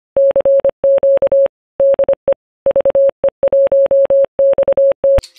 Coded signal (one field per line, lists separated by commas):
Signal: Morse code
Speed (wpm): 25 wpm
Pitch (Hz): 550 Hz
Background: none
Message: CQ DE VE1XT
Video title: Ham Radio: Log4OM Video Demonstration #4 - Setting up Alerts